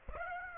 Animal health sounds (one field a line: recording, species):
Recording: mosquito wingbeat signal from an infrared sensor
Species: Aedes aegypti